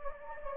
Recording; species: mosquito wingbeat signal from an infrared sensor; Anopheles gambiae